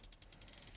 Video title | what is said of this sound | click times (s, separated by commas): Track Tips Specific to the Base C6 Corvette | And what you do, you hear that? The clicking? | 0.0 s, 0.2 s, 0.4 s, 0.5 s, 0.8 s